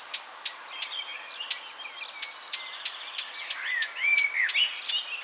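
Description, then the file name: Eurasian blackcap sounding a series of dry clicking tacks, with soft warbled notes coming in toward the end. "Sylvia atricapilla"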